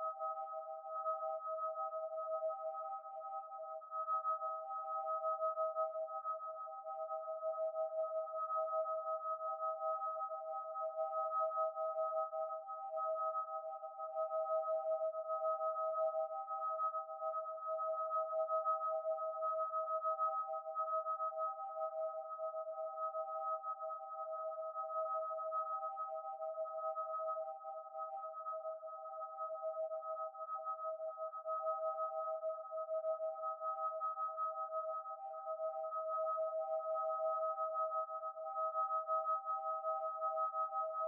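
Digitally processed sound of Niagara Falls, here reduced to a steady chord of three pure, ringing tones, two close together in the middle range and one higher. The chord holds unbroken for the whole stretch, with only a faint wavering shimmer and unchanging loudness.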